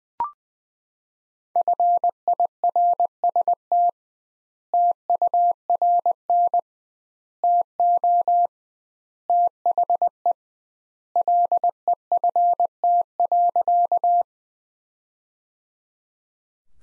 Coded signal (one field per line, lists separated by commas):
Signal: Morse code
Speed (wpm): 20 wpm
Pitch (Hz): 700 Hz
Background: none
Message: FIRST TURN TO THE LEFT.